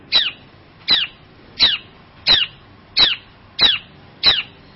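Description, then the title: Long-tailed shrike harsh calls: seven rasping, downslurred notes repeated steadily about every two-thirds of a second. Champion songbird. "Kicau Burung Cendet Juara"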